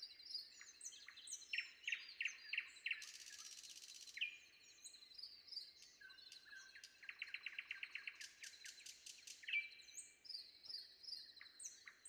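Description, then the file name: Common nightingale song: varied phrases of rapid repeated notes, a harsh buzzy burst, and long steady whistles, broken by short pauses, over a continuous high insect-like hum. Recorded before dawn. "predawn nightingale"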